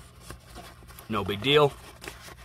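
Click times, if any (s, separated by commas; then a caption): 2.1 s. Someone talks while the small strap latch of a Thyrm Cell Vault XL container is threaded through the MOLLE webbing on a backpack and snapped closed. A short, sharp click at 2.1 s marks the latch clipping and locking into place, and it is seated.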